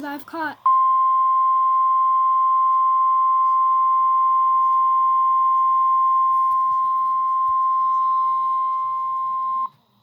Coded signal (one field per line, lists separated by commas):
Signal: Emergency Alert System (SAME) tones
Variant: 1050 Hz attention tone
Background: speech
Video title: (Eas 10-11) MY FIRST DOUBLE header